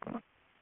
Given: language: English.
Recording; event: throat vibration sensor signal played as sound; swallow